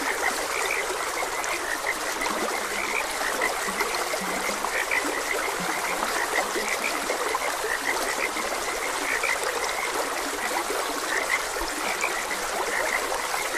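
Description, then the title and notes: Frogs croak continuously in an overlapping chorus, with a few deeper croaks, over the constant sound of a flowing stream. Frogs croaking beside a gentle stream. "Frogs Croaking. Sleep and Relaxation Podcast"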